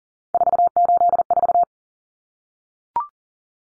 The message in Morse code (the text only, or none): 484